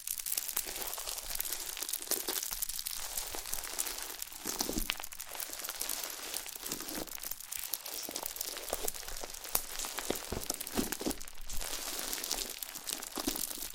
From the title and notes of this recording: ASMR SLIME No Talking Satisfying slime Sounds.